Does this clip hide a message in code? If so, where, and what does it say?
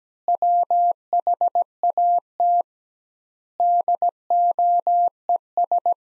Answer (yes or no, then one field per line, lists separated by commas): yes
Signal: Morse code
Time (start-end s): 0.3-5.9 s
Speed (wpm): 17 wpm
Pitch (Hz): 700 Hz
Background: none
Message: WHAT DOES